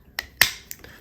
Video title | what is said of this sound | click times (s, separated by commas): 2019 - 2022: Silverado/Sierra Articulating Running Board Installation (Trimode, Power Steps) | take your flat blade screwdriver and push down on the TPA till it clicks, | 0.4 s